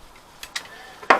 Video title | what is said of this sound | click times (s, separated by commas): Astra H 1.6 engine replacement fitting the gearbox | Listen for the click. | 1.1 s